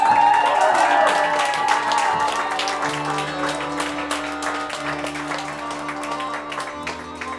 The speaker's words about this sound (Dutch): Je mag even voor hem klappen.